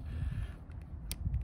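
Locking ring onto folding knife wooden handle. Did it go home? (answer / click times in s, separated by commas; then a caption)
yes / 1.1 s. A metal locking ring (collar) is pushed back onto the wooden handle of a folding knife after its blade has been swapped for a carbon one. Soft low rumbling and a few faint ticks lead up to a sharp, bright snap at 1.1 s as the ring seats in place, followed by a couple more light ticks.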